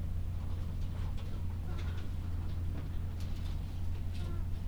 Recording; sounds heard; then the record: poultry house recording; sick chickens (respiratory disease)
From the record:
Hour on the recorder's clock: 12